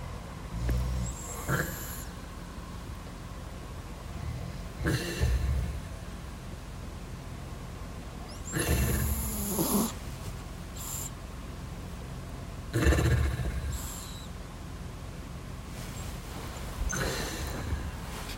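Sleep breathing of a sleeping adult man mixed with the snoring of a pet dog, heard at 6 a.m. in a family bedroom; the high-pitched 'pee' sound is the dog's sleep breath.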